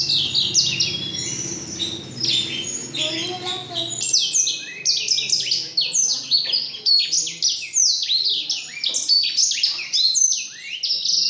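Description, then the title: Black-throated canary in full song, a dense stream of shrill chirps and rolling trills, with a low hum beneath during the first few seconds. Bird from Jombang, described as excellent. "Burung blackthroat Istimewa dari Jombang"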